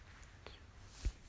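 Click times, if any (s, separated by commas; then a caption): 0.5 s. A plastic fitting moved over from the old radiator is hooked onto the new radiator of a BMW 3 Series E46 and pressed in by hand. A short, sharp click sounds at 0.5 s, followed by a duller, low-pitched thump around 1.1 s over faint background noise. The fitting clicks into place and is seated.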